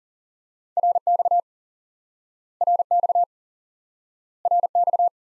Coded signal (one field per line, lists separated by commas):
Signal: Morse code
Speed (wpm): 37 wpm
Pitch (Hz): 700 Hz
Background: none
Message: RX RX RX